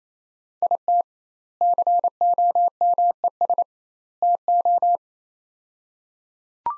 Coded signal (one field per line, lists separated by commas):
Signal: Morse code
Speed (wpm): 28 wpm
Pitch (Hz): 700 Hz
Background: none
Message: IT COMES TO